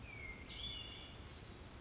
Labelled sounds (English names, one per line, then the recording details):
Hermit Thrush
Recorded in Sonoma County, California